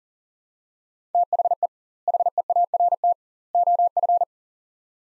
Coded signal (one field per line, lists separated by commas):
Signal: Morse code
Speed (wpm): 37 wpm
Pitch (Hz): 700 Hz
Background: none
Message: THE HEART OF